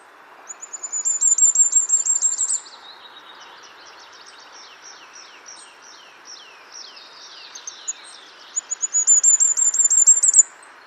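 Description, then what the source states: Firecrest song: very high, rapid repeated notes, then a softer stretch of lower descending notes, and another quick high burst near the end, with constant background hiss. Presence often betrayed by its call and the male's song; call rendered as zoo zoo zee zee, slightly lower pitched than the goldcrest's, ending in a brief trill; lacks goldcrest's cyclic rhythm.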